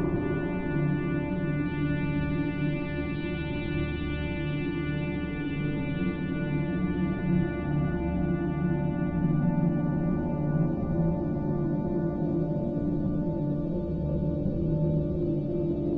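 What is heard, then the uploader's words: A low, steady drone hums for the whole stretch, thick in the bass with a ringing, metallic shimmer of many stacked tones above it, like a long-sustained gong. The level barely changes, with only slight swells and waverings in the deep rumble. The winds pick up...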